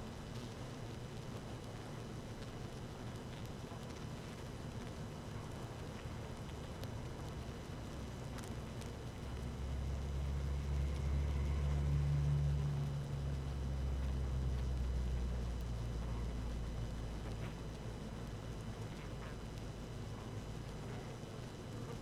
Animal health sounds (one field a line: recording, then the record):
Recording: honeybee colony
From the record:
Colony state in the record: active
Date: 12 June 2018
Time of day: 18:05